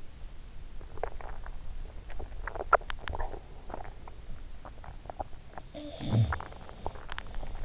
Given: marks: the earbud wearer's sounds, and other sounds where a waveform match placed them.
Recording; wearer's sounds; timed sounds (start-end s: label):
sounds in sleep by an in-ear microphone; swallowing
0.63-7.65 s: swallowing
5.72-7.65 s: sound from someone else or the room